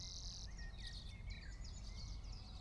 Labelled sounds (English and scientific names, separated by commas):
Common Chiffchaff (Phylloscopus collybita)